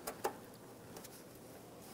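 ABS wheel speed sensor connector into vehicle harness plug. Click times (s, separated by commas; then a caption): 0.1 s, 0.2 s. The plastic electrical connector of a front ABS wheel speed sensor on a 2005-2007 Ford Five Hundred is slid onto its mating harness plug and pushed up and in until its locking clip engages. Two sharp clicks sound at 0.1 s and 0.3 s, followed by a softer sound around 1.0 s. The connector is seated and locked in, then tugged to check it.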